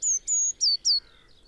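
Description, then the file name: Eurasian blue tit giving four very high, thin notes: two level whistles followed by two that slide downward. "Cyanistes caeruleus"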